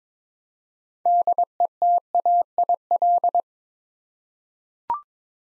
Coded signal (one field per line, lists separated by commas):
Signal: Morse code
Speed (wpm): 22 wpm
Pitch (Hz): 700 Hz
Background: none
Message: DETAIL